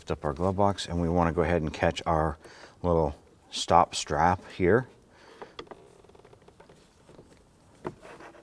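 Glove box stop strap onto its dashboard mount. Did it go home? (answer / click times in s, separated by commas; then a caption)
yes / 7.9 s. On a 2004-2008 Acura TL during a blower motor and fan cage replacement, someone talks while lifting the glove box, then lines up the plastic glove box stop strap and pulls it up onto its dashboard mount. Faint handling taps follow, and the strap snaps into place with a sharp click at 7.9 s, seated.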